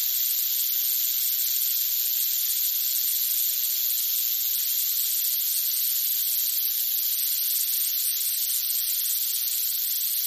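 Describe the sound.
Rattlesnake rattle, a continuous hissing, sizzling buzz that runs unbroken and even in loudness for the whole ten seconds.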